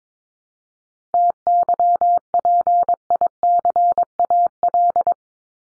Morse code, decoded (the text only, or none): TYPICAL